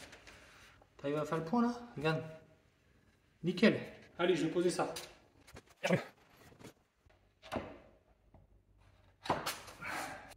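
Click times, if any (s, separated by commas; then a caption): 9.3 s. Someone talks while an engineered oak parquet board is pressed down onto the adjacent board's clip joint, its plastic click profile locking into the neighbouring board. A sharp snap at 9.3 s marks the board seating home.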